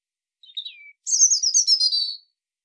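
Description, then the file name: European robin song, a soft descending whistled note followed by a louder high, sparkling trill that wavers and fades. "Erithacus rubecula"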